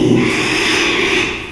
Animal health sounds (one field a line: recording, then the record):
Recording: squeal of a Yucatan mini pig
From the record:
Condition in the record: after surgery on the right vocal fold (resection and tissue-engineered implant)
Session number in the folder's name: 1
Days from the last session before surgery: 6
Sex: male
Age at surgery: 12 weeks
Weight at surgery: 13 kg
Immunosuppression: cyclosporine, prednisolone